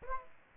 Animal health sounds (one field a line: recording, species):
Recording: mosquito wingbeat signal from an infrared sensor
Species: Aedes aegypti